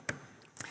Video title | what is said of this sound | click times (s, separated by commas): CABINET FREE MACHINES CONNECTIVITY SOLUTIONS FOR FAST AND PROCESS SAVE IP65 INSTALLATIONS | click sound when the connector comes into the right position | 0.1 s